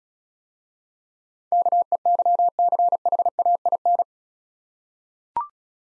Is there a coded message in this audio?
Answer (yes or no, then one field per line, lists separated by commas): yes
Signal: Morse code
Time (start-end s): 1.5-4.0 s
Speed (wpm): 34 wpm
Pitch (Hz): 700 Hz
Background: none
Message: KEYCHAIN